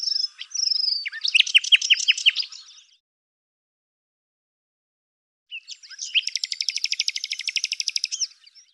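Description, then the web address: Bird song: a whistled note leading into loud chirps, silence for a few seconds, then a long, rapid, buzzy trill. "cianscape birddata Deverinetal 2025 Bird Lu Me Lu Me"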